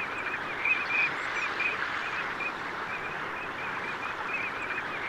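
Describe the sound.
Eurasian teal whistles, short bright piping notes, uneven, set against continuous rushing background noise.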